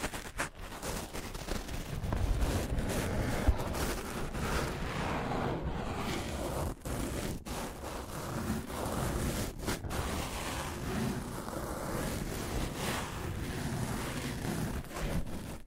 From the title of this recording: Scratching & Tracing